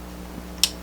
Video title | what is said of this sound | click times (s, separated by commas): Hood hinges For The New AMT 64 Oldsmobile 442 1/25th Scale Model Car build Part 6 Ep.186 | drop off but you hear it click see that other side just doesn't want to hook up for me | 0.6 s